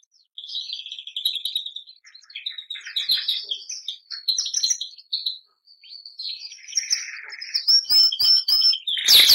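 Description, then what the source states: Canary song, rolling high warbles and trills that build after a brief silence, ending in a run of clear whistled notes and a sharp final burst. Bernois canary song.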